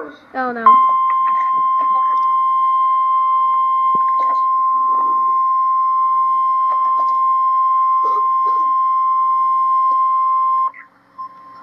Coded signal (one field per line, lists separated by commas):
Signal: Emergency Alert System (SAME) tones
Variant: 1050 Hz attention tone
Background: speech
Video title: DOUBLE HEADER REAL EAS 272,273-SVR THEN SVA